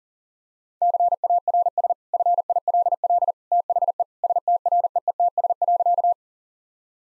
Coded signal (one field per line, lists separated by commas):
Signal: Morse code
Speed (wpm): 40 wpm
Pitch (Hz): 700 Hz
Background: none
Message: CARS FILL THE STREETS.